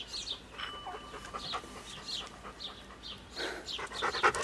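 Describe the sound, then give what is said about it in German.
A dog pants in quick, breathy bursts, broken by high, thin whimpers and whines that rise toward the end, with no voices present. “Du kannst es wohl nicht erwarten, dein Herrchen wiederzusehen.”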